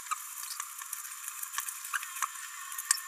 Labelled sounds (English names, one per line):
Green-rumped Parrotlet babbling